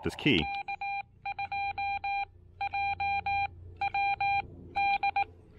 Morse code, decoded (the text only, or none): K2JWD